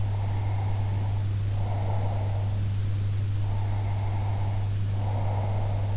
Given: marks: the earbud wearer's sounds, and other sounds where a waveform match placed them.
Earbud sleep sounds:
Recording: sounds in sleep by an in-ear microphone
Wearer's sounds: breath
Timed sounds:
0.00-2.54 s: breath
3.48-5.97 s: breath

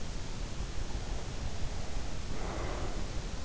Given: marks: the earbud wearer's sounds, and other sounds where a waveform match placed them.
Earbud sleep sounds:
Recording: sounds in sleep by an in-ear microphone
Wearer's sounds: breath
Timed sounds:
1.32-3.04 s: breath

